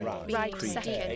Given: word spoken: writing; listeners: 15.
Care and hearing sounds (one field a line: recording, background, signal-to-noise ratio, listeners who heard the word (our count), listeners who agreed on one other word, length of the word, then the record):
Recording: one English word in noise, from a listening test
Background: four-talker babble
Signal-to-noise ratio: -1.0 dB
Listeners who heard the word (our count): 2 of 15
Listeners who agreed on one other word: 7 of 15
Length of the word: 0.76 s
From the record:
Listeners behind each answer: 7, 2, 2, 1, 1, 1, 1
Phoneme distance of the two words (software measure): 14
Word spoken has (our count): 2 syllables, 5 phonemes, stress on syllable 1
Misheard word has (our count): 1 syllable, 3 phonemes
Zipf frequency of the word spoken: 4.76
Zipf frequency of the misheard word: 4.89